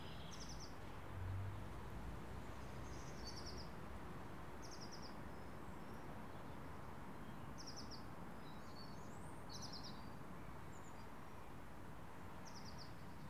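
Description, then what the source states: Garden birds calling with short, high, rasping chirps at irregular intervals and a few thin, rising whistles, set against a continuous low hum of traffic. Birds in a residential garden, with distant skyline traffic.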